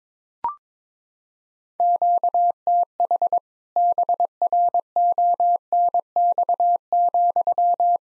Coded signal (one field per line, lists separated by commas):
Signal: Morse code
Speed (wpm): 22 wpm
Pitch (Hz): 700 Hz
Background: none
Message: QTH BRONX,